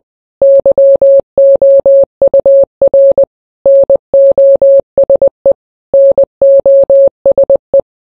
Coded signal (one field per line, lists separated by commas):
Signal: Morse code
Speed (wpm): 20 wpm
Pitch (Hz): 550 Hz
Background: none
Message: YOUR NOSE NOSE